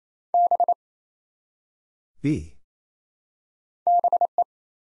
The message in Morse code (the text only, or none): B BE